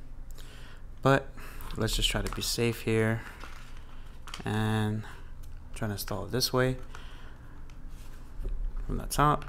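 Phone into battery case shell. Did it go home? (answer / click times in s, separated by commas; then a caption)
no / none. An iPhone 15 Pro Max is repositioned inside a plastic ZeroLemon 10K mAh battery case, lined up from the top before the bottom is pressed home, with soft handling and scraping noises under someone talking. Nothing has seated or clicked yet.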